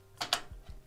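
A RAM module is pressed into a motherboard DIMM slot and seats. Two sharp clicks ring out at 0.2 s and 0.3 s as the slot latches close, the second louder and brighter. A couple of soft, low thumps follow.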